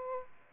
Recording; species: mosquito wingbeat signal from an infrared sensor; Aedes aegypti